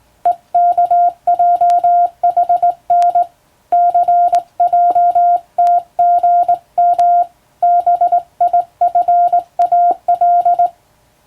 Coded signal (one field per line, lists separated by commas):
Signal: Morse code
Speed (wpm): 19 wpm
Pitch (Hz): 700 Hz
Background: none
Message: EKJHN CJTGM BIFAL